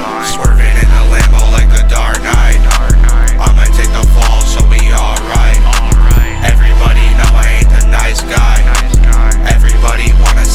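Steady, deep heartbeat-like thumps under a soft, humming musical backdrop, played as a heartbeat sound to help a baby sleep.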